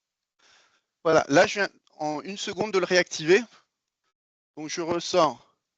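The locking latch of a CEJN SafetyReel G2 hose reel, just re-enabled using a small white plastic part, is about to engage as the hose is pulled out of the reel. Someone talks throughout, and no clicks are heard. Nothing has seated or clicked yet.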